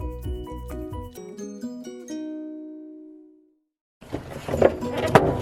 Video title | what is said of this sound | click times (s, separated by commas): How to install aftermarket subwoofer Honda Civic Sedan 10th gen | Once you hear the pop, it's okay. | 5.2 s